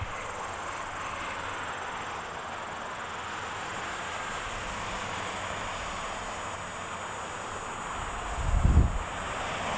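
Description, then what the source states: P. catenata: insect call as a constant shrill, unbroken high tone running the whole time, with a brief low rumble near the end. Sir Lowry's Pass.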